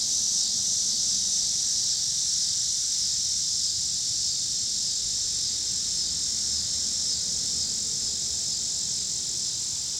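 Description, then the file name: Cicadas: steady, loud high buzz throughout, with a low traffic hum in the background. Pittsburgh, Pennsylvania; 26 August 2023; recorded alongside car traffic. "cicadas and cars Pittsburgh PA"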